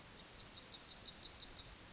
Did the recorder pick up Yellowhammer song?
yes